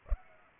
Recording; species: mosquito wingbeat signal from an infrared sensor; Culex pipiens